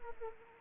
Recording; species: mosquito wingbeat signal from an infrared sensor; Anopheles arabiensis